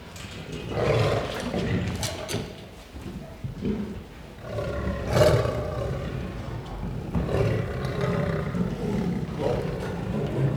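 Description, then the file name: Lion growls and roars, repeated deep guttural bursts with a quieter stretch midway. "Het grommen en brullen van een leeuw - Sound Cloud - Beeld en Geluid"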